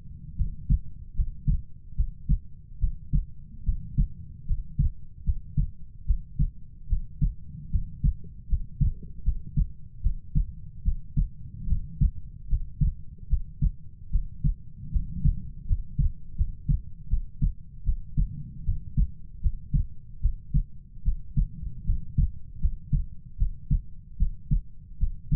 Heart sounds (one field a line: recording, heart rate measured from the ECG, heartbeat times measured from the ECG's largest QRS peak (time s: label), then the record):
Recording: heart sounds by stethoscope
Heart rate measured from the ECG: 76 bpm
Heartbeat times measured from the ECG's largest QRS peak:
0.36 s: heartbeat
1.14 s: heartbeat
1.95 s: heartbeat
2.79 s: heartbeat
3.63 s: heartbeat
4.45 s: heartbeat
5.23 s: heartbeat
6.05 s: heartbeat
6.87 s: heartbeat
7.70 s: heartbeat
8.47 s: heartbeat
9.23 s: heartbeat
10.01 s: heartbeat
10.83 s: heartbeat
11.67 s: heartbeat
12.47 s: heartbeat
13.28 s: heartbeat
14.10 s: heartbeat
14.90 s: heartbeat
15.65 s: heartbeat
16.35 s: heartbeat
17.08 s: heartbeat
17.83 s: heartbeat
18.64 s: heartbeat
19.40 s: heartbeat
20.20 s: heartbeat
21.03 s: heartbeat
21.84 s: heartbeat
22.59 s: heartbeat
23.37 s: heartbeat
24.17 s: heartbeat
24.98 s: heartbeat
From the record:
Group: healthy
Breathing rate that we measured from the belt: 17 breaths a minute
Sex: female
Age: 19 years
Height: 163 cm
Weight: 48.9 kg